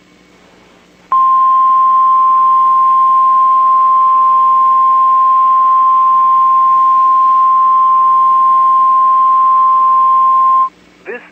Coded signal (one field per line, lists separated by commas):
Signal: Emergency Alert System (SAME) tones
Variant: 1050 Hz attention tone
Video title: NOAA EAS MOCK TORNADO WARNING 4/15/21 (WISCONSIN STATEWIDE TORNADO DRILL 2021)